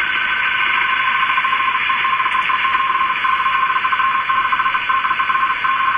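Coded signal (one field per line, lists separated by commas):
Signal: RTTY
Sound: steady rapid two-tone warbling under heavy hiss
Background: radio static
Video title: Icom IC 9100 - Rtty - Sorcerer 1.1 - 147 khz - DWD See Wetterdienst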